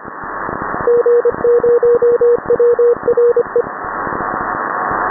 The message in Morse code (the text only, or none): G0WRE